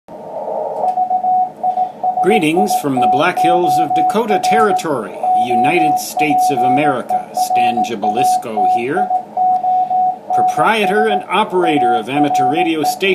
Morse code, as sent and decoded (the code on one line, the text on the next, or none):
...- .. ... .. - --- .-. / --- .--. . .-. .- - .. --- -. ... / .- .-. .
VISITOR OPERATIONS ARE